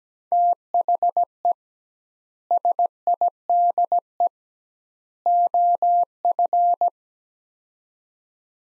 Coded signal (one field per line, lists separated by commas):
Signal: Morse code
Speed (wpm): 17 wpm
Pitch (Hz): 700 Hz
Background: none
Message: THE SIDE OF